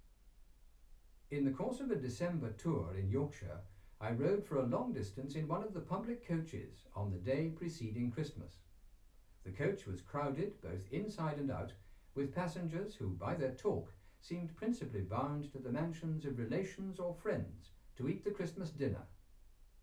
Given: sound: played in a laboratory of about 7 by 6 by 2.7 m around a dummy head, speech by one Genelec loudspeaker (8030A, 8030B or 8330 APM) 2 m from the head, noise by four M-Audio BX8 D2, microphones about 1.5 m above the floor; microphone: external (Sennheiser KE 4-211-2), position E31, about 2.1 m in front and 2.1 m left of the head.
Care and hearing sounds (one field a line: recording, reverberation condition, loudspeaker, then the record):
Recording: male speech in English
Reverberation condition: low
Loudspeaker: 150 degrees to the left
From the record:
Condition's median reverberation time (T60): about 310 ms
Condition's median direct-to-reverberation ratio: about 3.5 dB